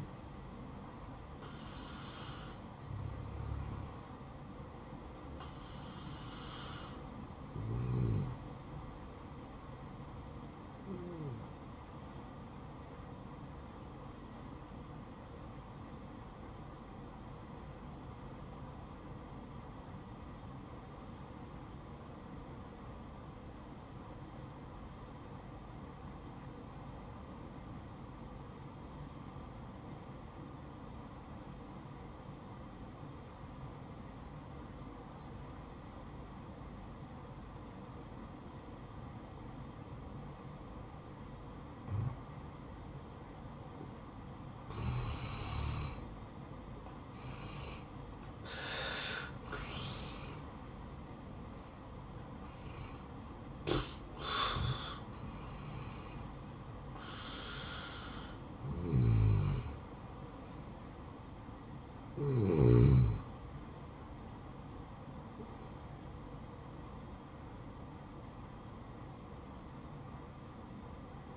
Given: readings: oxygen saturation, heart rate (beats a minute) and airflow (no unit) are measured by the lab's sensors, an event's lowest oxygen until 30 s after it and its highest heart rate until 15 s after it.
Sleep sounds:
breathing in sleep by a smartphone at the bedside; 1
16.00-47.10 s: obstructive apnea (N2, oxygen 97% highest, then 84% lowest, heart rate 63 at the start, 75 highest)
40.00-70.00 s: new sleep stage, N1 (lightest sleep)
70.00-71.37 s: new sleep stage, N2 (light sleep)
From the record:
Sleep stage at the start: N2 (light sleep); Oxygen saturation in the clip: 84 to 97%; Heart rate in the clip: 57 to 75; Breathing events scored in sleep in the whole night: 573 in 9.8 hours asleep

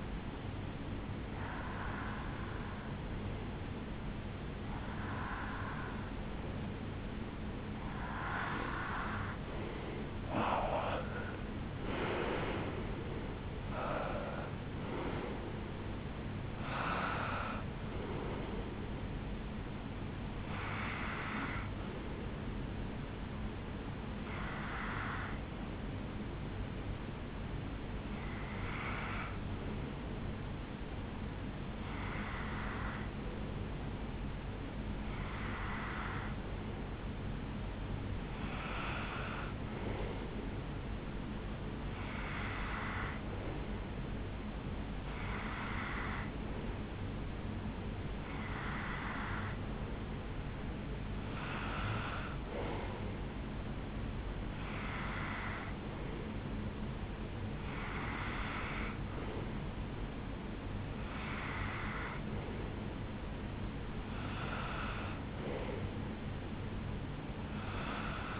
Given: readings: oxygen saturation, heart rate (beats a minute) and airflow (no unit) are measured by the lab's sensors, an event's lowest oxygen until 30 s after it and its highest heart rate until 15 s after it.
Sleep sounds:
breathing in sleep by a voice recorder at the bedside; 1
19.00-68.40 s: new sleep stage, N1 (lightest sleep)
30.00-56.00 s: hypopnea (N1, oxygen 96% highest, then 92% lowest, heart rate 72 at the start, 77 highest)
From the record:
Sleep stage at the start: REM sleep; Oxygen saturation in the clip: 82 to 96%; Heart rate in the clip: 71 to 86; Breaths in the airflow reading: 19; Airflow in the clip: -14.0 to 7.8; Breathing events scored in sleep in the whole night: 449 in 7.0 hours asleep

